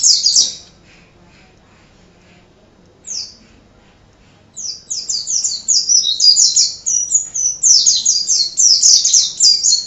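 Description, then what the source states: White-eye song opens with two short high bursts separated by silence, then becomes a fast, continuous rolling chatter of thin, high notes. Song in the ngerol style; recording used as tutor audio for training birds.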